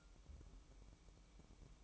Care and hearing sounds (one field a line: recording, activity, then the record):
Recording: daily activity, microphone in the room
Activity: light off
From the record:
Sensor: 1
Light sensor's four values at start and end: 11/27/11/12 and 11/27/11/12